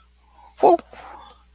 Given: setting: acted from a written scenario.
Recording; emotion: vocal sound without words; realization